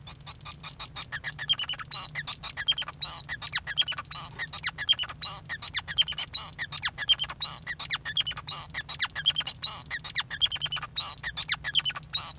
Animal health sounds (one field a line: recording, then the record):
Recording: song of a male Bengalese finch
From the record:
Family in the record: son of father 5